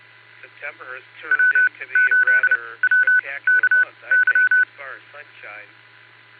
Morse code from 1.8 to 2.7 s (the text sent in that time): 8